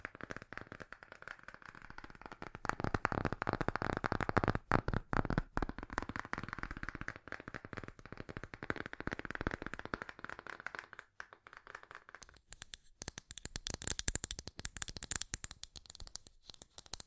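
Fast tapping runs almost without pause, dense and crisp, in quick uneven bursts that blur into a rattling texture like shuffled cards. Around twelve seconds the tapping thins briefly, then returns brighter and sharper through to the end.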